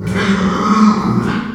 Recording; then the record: squeal of a Yucatan mini pig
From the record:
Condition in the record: after surgery on the right vocal fold (resection and tissue-engineered implant); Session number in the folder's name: 16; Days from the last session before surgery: 183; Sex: female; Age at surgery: 19 weeks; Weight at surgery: 25 kg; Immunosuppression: prednisolone